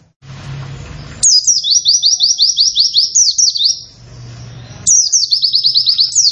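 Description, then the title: White-eye song: a long, fast series of sharp, high, downslurred 'wit' notes, a brief break with low hum, then another rapid run begins. Long 'wit wit wit' song delivered in the 'nembak' style; the bird is described as 'gacor', actively singing. "Pleci nembak wit wit wit panjang"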